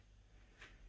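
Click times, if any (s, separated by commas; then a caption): 0.6 s. A red plastic cap on the air spring is pushed back into the bottom of a fork leg and clicks into place at 0.6 s. It is a single short, bright snap against a low, steady hum, and the cap is seated.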